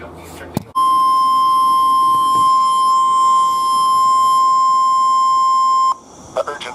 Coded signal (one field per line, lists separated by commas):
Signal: Emergency Alert System (SAME) tones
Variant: 1050 Hz attention tone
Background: speech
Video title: My First TORs - EAS Alerts From 7/20/2022 (EAS #49-58)